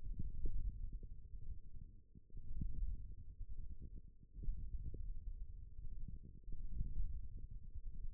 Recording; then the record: forearm muscle sounds (acoustic myography)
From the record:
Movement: wrist extension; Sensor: system 1, eight BSWA MPA416 microphones around the upper forearm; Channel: 1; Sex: female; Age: 21 years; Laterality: right